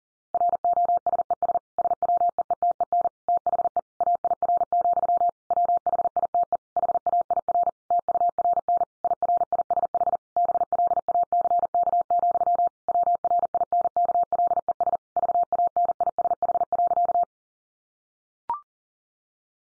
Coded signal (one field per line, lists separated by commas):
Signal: Morse code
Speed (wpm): 40 wpm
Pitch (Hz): 700 Hz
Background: none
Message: ROSES SWEETEN THE AIR, WHITE HAIR TURN IRISH BLACK, WRINKLES VANISH.